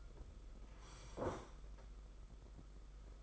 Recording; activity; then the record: daily activity, microphone in the room; sit down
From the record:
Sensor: 5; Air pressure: 991.8 hPa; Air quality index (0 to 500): 143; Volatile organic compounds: 136 ppm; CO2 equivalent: 3957 ppm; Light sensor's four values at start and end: 32/108/40/43 and 32/108/40/43